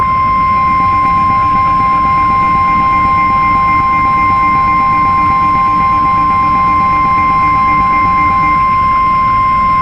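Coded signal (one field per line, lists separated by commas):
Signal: Emergency Alert System (SAME) tones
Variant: 1050 Hz attention tone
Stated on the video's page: Simulated NOAA Weather Radio EAS scenario.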